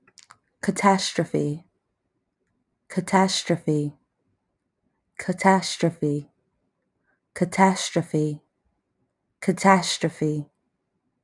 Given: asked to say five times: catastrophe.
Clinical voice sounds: repeated word; female; 20 to 29 years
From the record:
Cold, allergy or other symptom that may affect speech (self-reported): no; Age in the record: 22 years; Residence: Georgia, United States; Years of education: 17

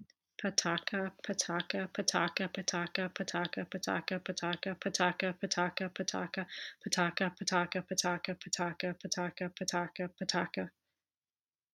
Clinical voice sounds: repeated syllables /pa ta ka/; female; 30 to 39 years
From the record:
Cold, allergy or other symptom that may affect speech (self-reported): no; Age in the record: 36 years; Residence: North Carolina, United States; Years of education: 16

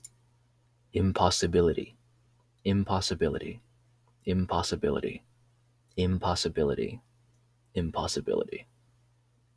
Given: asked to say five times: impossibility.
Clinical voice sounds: repeated word; male; 20 to 29 years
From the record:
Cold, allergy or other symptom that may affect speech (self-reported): no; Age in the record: 23 years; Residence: New York, United States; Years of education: 16

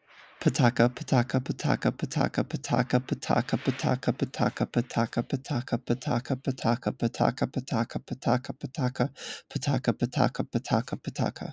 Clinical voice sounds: repeated syllables /pa ta ka/; male; 30 to 39 years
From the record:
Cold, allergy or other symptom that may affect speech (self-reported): no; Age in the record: 30 years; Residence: Florida, United States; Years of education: 16

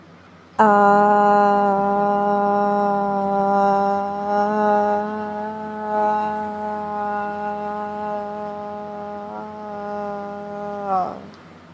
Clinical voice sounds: vowel held as long as possible; female; 20 to 29 years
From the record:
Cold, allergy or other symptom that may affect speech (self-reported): no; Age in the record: 20 years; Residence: Florida, United States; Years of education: 14

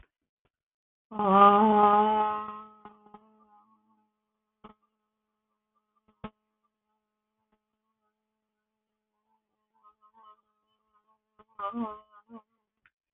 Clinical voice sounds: vowel held as long as possible; female; 50 to 59 years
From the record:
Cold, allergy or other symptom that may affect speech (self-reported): no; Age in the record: 57 years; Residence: Nevada, United States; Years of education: 16

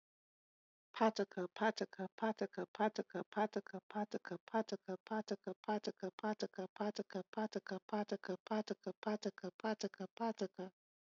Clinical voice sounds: repeated syllables /pa ta ka/; female; 40 to 49 years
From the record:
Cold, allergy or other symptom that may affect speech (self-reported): no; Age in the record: 41 years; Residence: Texas, United States

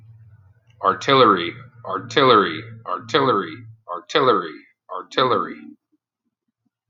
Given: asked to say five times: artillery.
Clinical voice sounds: repeated word; male; 30 to 39 years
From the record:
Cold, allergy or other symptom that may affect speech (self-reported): no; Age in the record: 39 years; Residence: Pennsylvania, United States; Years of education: 12

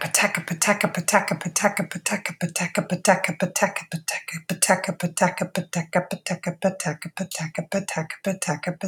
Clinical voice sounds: repeated syllables /pa ta ka/; female; 40 to 49 years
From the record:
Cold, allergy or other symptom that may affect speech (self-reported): no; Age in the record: 44 years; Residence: California, United States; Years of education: 15

